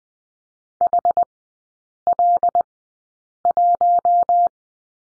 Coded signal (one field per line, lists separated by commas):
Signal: Morse code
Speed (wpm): 19 wpm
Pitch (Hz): 700 Hz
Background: none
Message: HL1